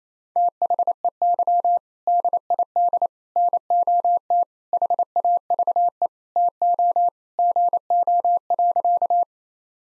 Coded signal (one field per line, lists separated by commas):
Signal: Morse code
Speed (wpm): 28 wpm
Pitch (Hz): 700 Hz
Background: none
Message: THEY DID NOT HAVE TO GO.